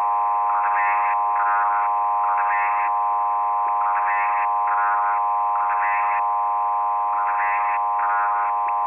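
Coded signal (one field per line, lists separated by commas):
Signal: numbers station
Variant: S06s, Russian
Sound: short evenly spaced spoken words over a steady droning tone, narrow radio audio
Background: radio hum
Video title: crazy number station from ukraine S06s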